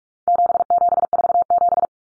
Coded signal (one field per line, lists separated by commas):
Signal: Morse code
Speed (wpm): 44 wpm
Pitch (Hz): 700 Hz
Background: none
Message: 7747